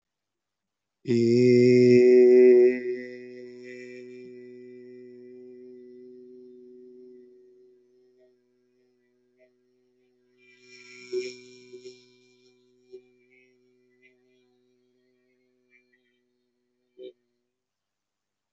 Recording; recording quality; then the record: sustained vowel as in made; excellent, no background noise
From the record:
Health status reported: healthy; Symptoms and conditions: none ticked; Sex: male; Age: 27 years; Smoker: not ticked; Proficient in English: yes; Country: India